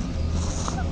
Ever heard a dormouse snore. This, apparently, is the sound of a dormouse sleeping. To sleep like that through the whole of the winter, it needs to get lots of food in the summer.